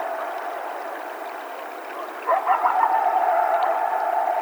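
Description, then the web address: Coyote howling, a sustained tone joined midway by a burst of wavering yips and quavering notes. Several coyotes at night, recorded 12 July 2010. "Coyote 2010 07 12 Coyotes"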